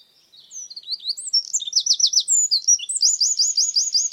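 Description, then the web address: Bird song with high thin whistles building into quick rhythmic trills of repeated upslurred notes, continuing to the end. "Bird Only"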